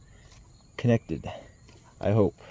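The inlet water hose's snap-on connector is handled at the inlet port on the back of a LOKITHOR AW401 jump starter air compressor pressure washer, and nothing has seated or clicked yet. Someone talks over a faint, steady high-pitched tone in the background.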